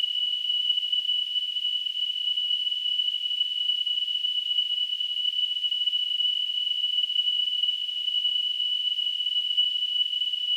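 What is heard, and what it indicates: A steady, high-pitched tone near 3 kHz, wrapped in a soft hiss, holds unchanged for about ten seconds. It is a simulated tinnitus sound, imitating the constant ringing a person with tinnitus perceives.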